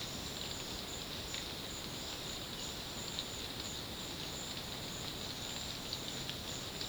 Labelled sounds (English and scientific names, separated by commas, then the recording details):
none
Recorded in secondary vegetation near Puerto Asís, Putumayo, Colombia, on 18 February 2024 at 13:30
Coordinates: 0.472, -76.331
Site G6371